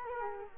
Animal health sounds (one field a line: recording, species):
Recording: mosquito wingbeat signal from an infrared sensor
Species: Culex quinquefasciatus